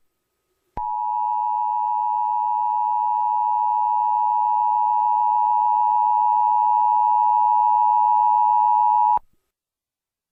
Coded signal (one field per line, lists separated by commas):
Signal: Emergency Alert System (SAME) tones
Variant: 853 and 960 Hz attention tone